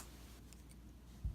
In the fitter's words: Peg it in the port like so. Hear that click?